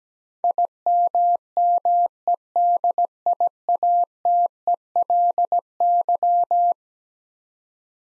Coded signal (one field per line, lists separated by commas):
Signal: Morse code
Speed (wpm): 17 wpm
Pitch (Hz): 700 Hz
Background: none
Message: IMMEDIATELY